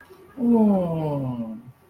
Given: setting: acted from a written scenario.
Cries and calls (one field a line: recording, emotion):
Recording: vocal sound without words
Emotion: contentment